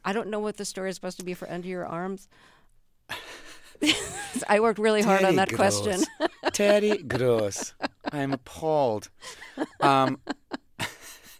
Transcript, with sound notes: So I don't know what the story is supposed to be for under your arms.
(LAUGHTER)
I worked really hard on that question.
Terry Gross. Terry Gross, I'm appalled.